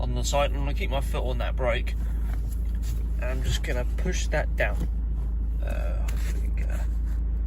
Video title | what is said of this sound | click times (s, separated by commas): How to disable the Handbrake on Mercedes C Class W204 (up to 2014) | Can't see it because of the colour of my shoes, but you can hear that clicking there. | 6.6 s